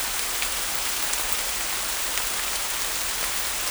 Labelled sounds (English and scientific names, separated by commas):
none